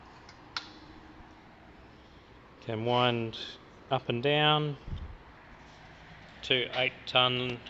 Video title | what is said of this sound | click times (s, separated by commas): Vehicle Rotisserie, twin ram, lifts 2000kg. Gear driven handle rotation | locks into place when positioned | 0.6 s